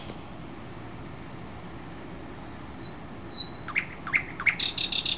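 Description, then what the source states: Common nightingale: quiet stretch, then a songbird's thin whistles, a few downslurred notes and a brief high buzzy trill at the end. Recorded 12 June 2008.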